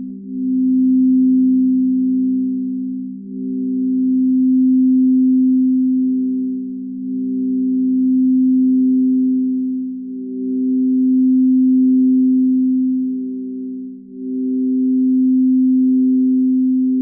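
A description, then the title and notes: Tibetan singing bowls hum in a steady, low, layered drone that swells and slightly dips every three or four seconds, with nothing else audible. Tibetan singing bowls.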